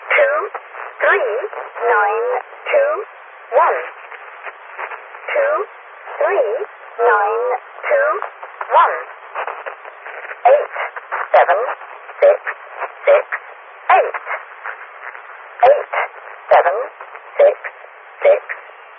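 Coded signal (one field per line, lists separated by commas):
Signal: numbers station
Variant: E03 Lincolnshire Poacher, English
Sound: synthetic-sounding voice reading short number words at a steady, even pace over radio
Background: radio hiss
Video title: Zahlensender / Number Station E03 - The Lincolnshire Poacher - 04.01.1998 - 14:02 UTC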